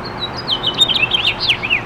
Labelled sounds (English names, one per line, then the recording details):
House Finch song
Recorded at East Hills on Long Island, New York, on 16 June 2013
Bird A